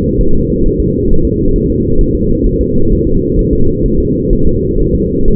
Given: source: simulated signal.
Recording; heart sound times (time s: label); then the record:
fetal heart sounds
0.21 s: S1
0.35 s: S2
0.66 s: S1
0.80 s: S2
1.11 s: S1
1.25 s: S2
1.56 s: S1
1.70 s: S2
2.01 s: S1
2.15 s: S2
2.46 s: S1
2.61 s: S2
2.92 s: S1
3.07 s: S2
3.39 s: S1
3.53 s: S2
3.86 s: S1
4.00 s: S2
4.33 s: S1
4.47 s: S2
4.80 s: S1
4.95 s: S2
5.28 s: S1
From the record:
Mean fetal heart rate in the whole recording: 130 bpm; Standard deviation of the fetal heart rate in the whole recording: 4 bpm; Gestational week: 38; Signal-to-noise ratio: -17.7 dB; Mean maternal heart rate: 72 bpm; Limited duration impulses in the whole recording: present